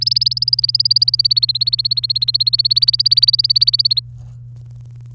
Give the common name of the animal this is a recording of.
Domestic Canary